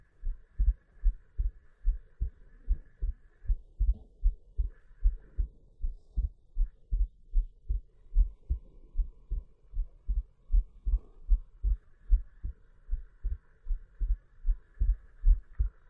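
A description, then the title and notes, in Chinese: A heartbeat thumps steadily in deep, low pulses, about two beats per second, each a soft double thud. The rhythm stays even throughout, muffled, with a faint higher hum drifting in and out behind it. 心跳（左右耳交替）。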